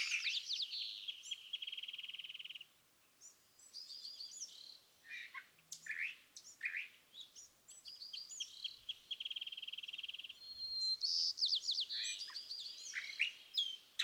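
California thrasher song, a long sequence of shifting phrases: rattled trills, sharp chips and slurred whistles, each phrase differing from the last.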